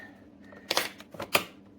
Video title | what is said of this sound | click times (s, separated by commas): Review SIFENE single serve coffee machine 3-in-1 pod coffee maker for k-pod capsule ground and leaf | shut it till it snaps. | 1.4 s